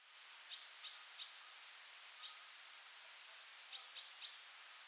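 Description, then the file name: Common chaffinch giving short, high, clipped notes in small groups over a steady hiss of background noise. "Fringilla coelebs"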